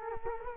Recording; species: mosquito wingbeat signal from an infrared sensor; Culex quinquefasciatus